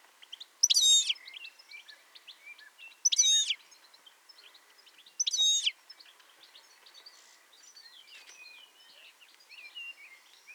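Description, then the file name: European goldfinch calls: three bright, loud twittering bursts about two and a half seconds apart, among softer tinkling chirps and liquid notes throughout. "Carduelis carduelis"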